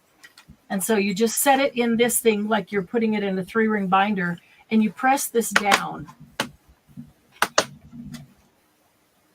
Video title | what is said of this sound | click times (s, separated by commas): SATURDAY SALE & CRAFT - SEE DESCRIPTION BOX FOR DETAILS | it snaps into place right over the top of it as | 7.4 s, 7.6 s